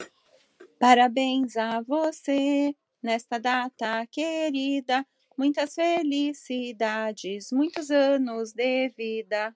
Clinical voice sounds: short text; Brazilian Portuguese; female; 40 to 49 years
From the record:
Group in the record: control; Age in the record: 42 years

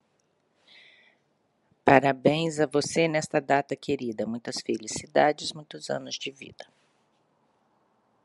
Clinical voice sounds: short text; Brazilian Portuguese; female; 50 to 59 years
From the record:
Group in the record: control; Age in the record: 56 years

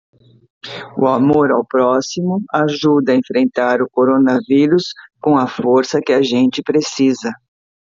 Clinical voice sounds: spoken sentence; Brazilian Portuguese; female; 50 to 59 years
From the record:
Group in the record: control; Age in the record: 57 years

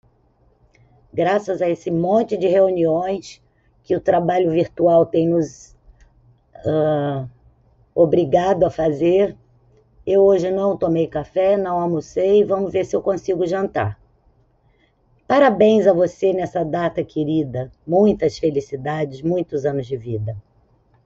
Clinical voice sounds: short text; Brazilian Portuguese; female; 50 to 59 years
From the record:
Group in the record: control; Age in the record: 56 years

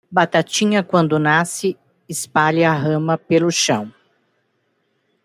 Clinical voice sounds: short text; Brazilian Portuguese; female; 50 to 59 years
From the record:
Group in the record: control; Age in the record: 59 years

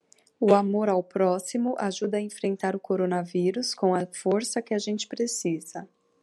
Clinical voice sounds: spoken sentence; Brazilian Portuguese; female; 30 to 39 years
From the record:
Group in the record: control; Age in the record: 34 years

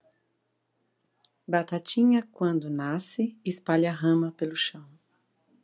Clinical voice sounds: short text; Brazilian Portuguese; female; 50 to 59 years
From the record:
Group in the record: control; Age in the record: 57 years

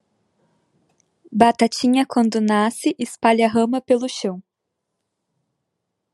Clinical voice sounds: short text; Brazilian Portuguese; female; 20 to 29 years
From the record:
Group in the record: control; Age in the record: 26 years

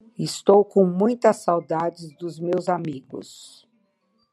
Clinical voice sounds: short text; Brazilian Portuguese; female; 60 to 69 years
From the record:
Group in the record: control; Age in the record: 66 years

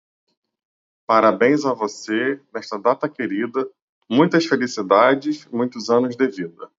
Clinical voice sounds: short text; Brazilian Portuguese; male; 40 to 49 years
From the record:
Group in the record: control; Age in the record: 40 years

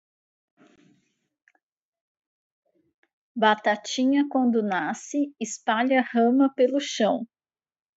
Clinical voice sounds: short text; Brazilian Portuguese; female; 40 to 49 years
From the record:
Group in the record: control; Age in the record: 41 years

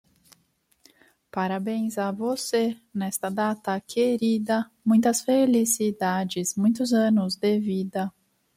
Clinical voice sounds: short text; Brazilian Portuguese; female; 30 to 39 years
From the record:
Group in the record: control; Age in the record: 31 years

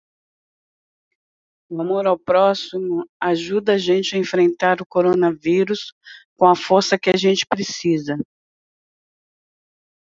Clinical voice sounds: spoken sentence; Brazilian Portuguese; female; 50 to 59 years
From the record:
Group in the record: control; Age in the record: 55 years

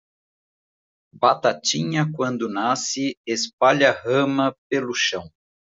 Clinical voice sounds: short text; Brazilian Portuguese; male; 40 to 49 years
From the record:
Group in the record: control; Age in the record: 44 years

